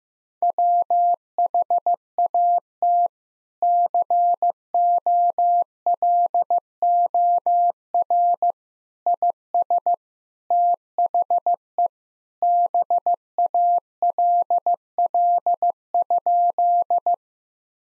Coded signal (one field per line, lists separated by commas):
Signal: Morse code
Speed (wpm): 14 wpm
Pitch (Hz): 700 Hz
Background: none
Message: WHAT COLOR IS THE BALL?